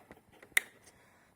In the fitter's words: there is a positive and there is a negative snaps right into place